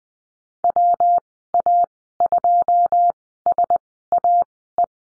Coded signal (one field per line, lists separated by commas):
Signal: Morse code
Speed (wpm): 20 wpm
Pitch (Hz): 700 Hz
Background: none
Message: WA2SAE